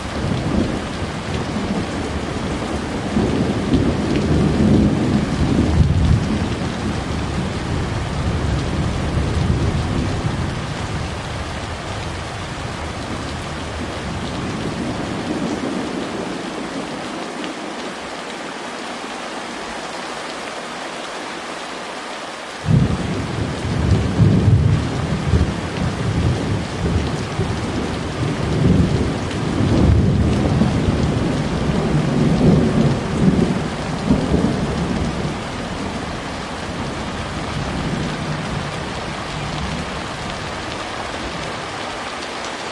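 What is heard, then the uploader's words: Steady rain patters throughout while deep thunder rolls rumble near the start and again after a quiet dip around twenty-three seconds. This ambient soundscape captures the raw power and intricate details of a rainstorm, from the soft pitter-patter of raindrops to the booming echoes of thunder. Thunderstorm.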